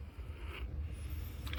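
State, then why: Released. A locked spring follower in a CO2 pistol's ball magazine is pushed sideways to free it from its lock notch. Over a steady low rumble, a few short clicks sound near the end, with the main click at 1.6 s. The follower is confirmed unlocked.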